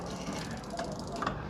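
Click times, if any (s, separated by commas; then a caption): 1.0 s, 1.2 s, 1.3 s. On a homemade mini tractor, the steel differential lock pin is pulled back and rotated, then drops into the hole in the axle sprocket (crown) and locks the axle. Over a steady low mechanical hum, sharp metallic clicks sound at 1.0 s, 1.2 s and 1.3 s as the pin seats. The pin engages and the axle is locked.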